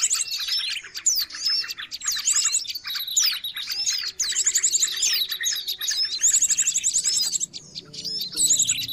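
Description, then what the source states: Birds giving a restless stream of high chirps and rattling trills in overlapping bursts, with a faint steady tone underneath. Noisy bird chatter, intended as a lure for catching birds.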